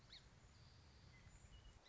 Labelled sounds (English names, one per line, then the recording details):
Song Sparrow
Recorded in Sonoma County, California